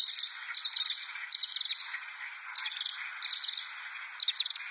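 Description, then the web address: Pied kingfisher chatter: repeated short bursts of high, rapid, squeaky notes, each less than a second apart, over a steady background hiss. "Schulze Peter Pied Kingfisher"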